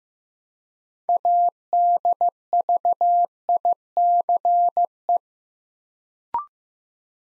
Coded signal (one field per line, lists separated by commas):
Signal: Morse code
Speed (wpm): 15 wpm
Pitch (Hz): 700 Hz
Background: none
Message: ADVICE